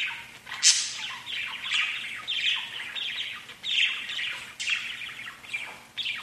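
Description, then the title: Budgerigar chatter, warbling chirps interrupted by a few harsh, sweeping squawks. "Budgie Sounds"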